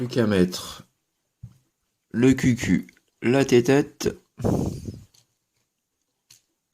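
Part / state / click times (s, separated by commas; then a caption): small figure head into plastic toy robot body / not seated / none. Someone talks while fitting a small figure head into the body of a plastic Transformers Titans Return Hot Rod toy robot. Faint handling taps follow near the end. Nothing has seated or clicked into place yet.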